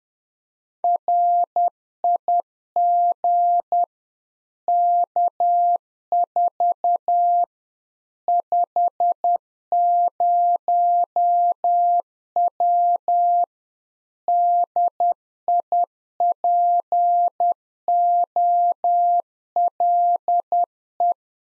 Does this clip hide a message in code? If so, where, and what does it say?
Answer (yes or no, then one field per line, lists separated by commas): yes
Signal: Morse code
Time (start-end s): 0.8-21.1 s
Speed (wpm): 10 wpm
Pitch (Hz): 700 Hz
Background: none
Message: RIG K4 50W DIPOLE